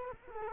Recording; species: mosquito wingbeat signal from an infrared sensor; Culex quinquefasciatus